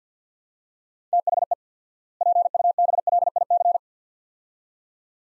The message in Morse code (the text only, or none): THE PUBLIC